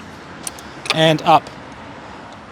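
On a Cunfon RS500 electric scooter, the folding stem catch on the deck is worked to release the stem from its folded, caught position, giving a sharp metallic click at 0.5 s. Someone talks as the stem lifts, and the catch is released, though the stem has not yet locked upright.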